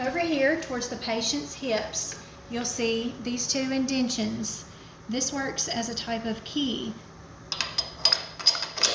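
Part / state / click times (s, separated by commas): stirrup clamp onto operating table side rail / seated / 8.0 s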